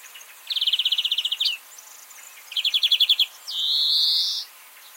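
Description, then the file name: European greenfinch with two rapid rattling trills, the first ending in a short upturn, followed by a sustained buzzy wheeze. "Chloris chloris"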